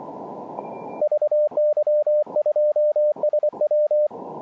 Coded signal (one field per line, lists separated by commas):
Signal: Morse code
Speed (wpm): 24 wpm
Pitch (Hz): 600 Hz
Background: radio noise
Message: VY2SW